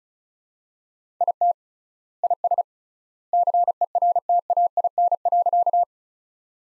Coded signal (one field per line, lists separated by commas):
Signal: Morse code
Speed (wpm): 36 wpm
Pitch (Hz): 700 Hz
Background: none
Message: IT IS CERTAIN.